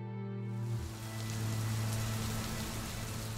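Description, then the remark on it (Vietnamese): Steady rain, falling for days on end, hisses in a continuous, even wash that swells in during the first half-second, with a low droning hum running underneath throughout. “Những trận mưa ròng rã nhiều ngày khiến cho nước trên thượng nguồn cuồn cuộn đổ về.”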